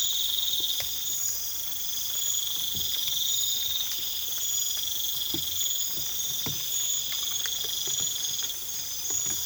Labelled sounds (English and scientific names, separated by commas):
none